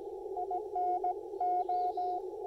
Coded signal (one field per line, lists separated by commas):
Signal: Morse code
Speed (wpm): 18 wpm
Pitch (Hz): 720 Hz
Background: radio noise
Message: INO